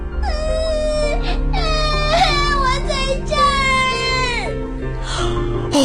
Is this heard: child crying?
yes